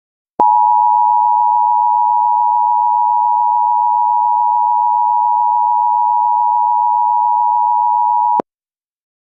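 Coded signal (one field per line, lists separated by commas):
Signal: Emergency Alert System (SAME) tones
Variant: 853 and 960 Hz attention tone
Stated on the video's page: Fake two-part tornado watch alert using valid SAME tones.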